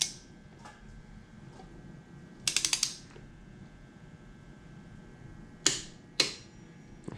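A click-type torque wrench set to 30 ft-lb tightens the number one ARP cylinder head stud nut on a Mustang 4.6 2V engine. A quick burst of ratcheting around 2.5–2.8 s is followed by two sharp clicks at 5.7 s and 6.2 s. The wrench clicks, showing the nut has reached the set torque.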